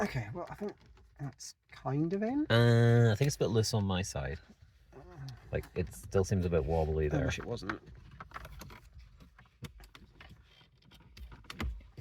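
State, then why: Seated. A cheap Bluetooth streaming kit's adapter plug, being fitted behind a car radio, is pushed into the radio socket after it had felt loose and wobbly while someone talks. Short sounds are heard during handling, and the plug clicks in at 11.5 s and 11.6 s, leaving it seated.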